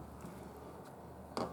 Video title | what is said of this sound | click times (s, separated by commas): 2016 CX5 Door Actuator Fix 2 - part 2 reassembly | is that the other one yeah okay hardly heard it | 1.4 s